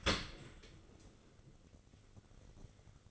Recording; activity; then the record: daily activity, microphone in the room; open dishwasher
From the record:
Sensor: 4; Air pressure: 1003.9 hPa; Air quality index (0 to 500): 154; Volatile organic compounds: 2 ppm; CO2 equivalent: 1094 ppm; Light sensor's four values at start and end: 28/67/28/30 and 28/67/28/30